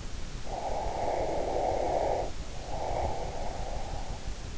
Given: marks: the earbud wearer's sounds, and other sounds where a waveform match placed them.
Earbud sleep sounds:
sounds in sleep by an in-ear microphone; breath
0.60-4.22 s: breath

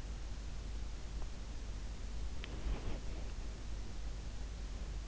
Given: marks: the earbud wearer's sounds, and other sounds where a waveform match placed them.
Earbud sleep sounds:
sounds in sleep by an in-ear microphone; body movement
2.31-3.48 s: body movement

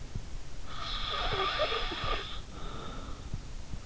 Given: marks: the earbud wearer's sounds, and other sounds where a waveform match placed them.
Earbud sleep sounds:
sounds in sleep by an in-ear microphone; snoring breath
0.69-3.25 s: snoring breath

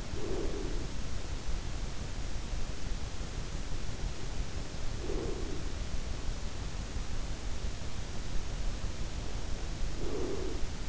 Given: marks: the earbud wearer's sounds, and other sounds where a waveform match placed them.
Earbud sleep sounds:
sounds in sleep by an in-ear microphone; breath
0.00-1.38 s: breath
4.97-6.02 s: breath
9.89-10.89 s: breath

